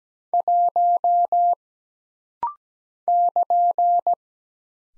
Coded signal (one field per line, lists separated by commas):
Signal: Morse code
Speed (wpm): 17 wpm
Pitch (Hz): 700 Hz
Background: none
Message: 1 <KN>